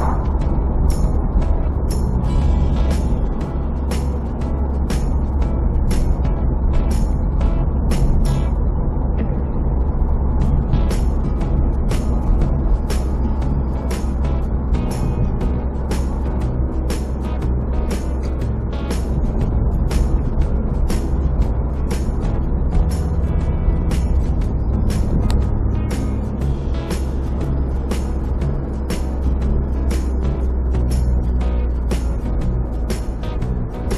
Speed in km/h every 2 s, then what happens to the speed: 51, 51, 48, 48, 47, 48, 47, 47, 47, 47, 46, 46, 47, 48, 47, 45, 41.
0-28 steady at about 47. 28-34 slows to 41.